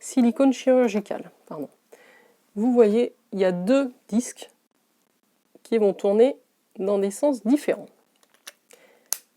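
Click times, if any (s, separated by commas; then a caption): 9.1 s. Someone talks for most of the clip, then a silicone cleansing head is pressed back onto a facial cleansing brush handle. A few faint handling ticks lead up to a sharp click at 9.1 s as the head snaps into place, seated on the handle.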